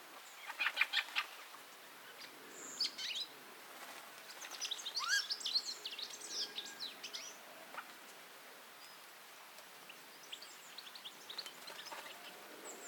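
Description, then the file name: European goldfinch twittering in several short, scattered bursts of high liquid notes, separated by quieter gaps over steady background hiss. "Carduelis carduelis"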